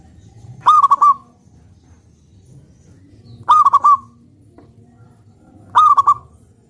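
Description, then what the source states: Zebra dove song: three bubbling, staccato coo phrases, roughly every two and a half seconds, over faint low background noise. Perkutut raja song used as a lure for trapping birds.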